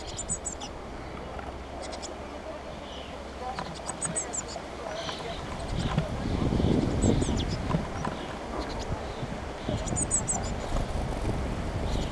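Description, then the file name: Eurasian blue tit calls: short clusters of very high, thin notes in irregular bursts, over low rumbling background noise. "Cyanistes caeruleus"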